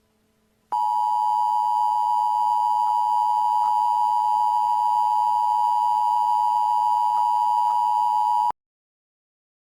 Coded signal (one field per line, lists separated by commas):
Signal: Emergency Alert System (SAME) tones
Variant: 853 and 960 Hz attention tone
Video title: EAS Scenario // The Red Haze (Fall Brawl 2023) //